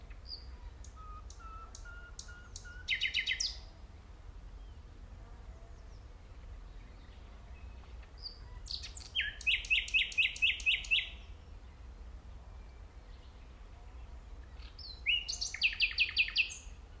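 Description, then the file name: Common nightingale delivering three separate phrases with long pauses: soft piping notes leading into loud, rapid repeated notes. "Luscinia megarhynchos"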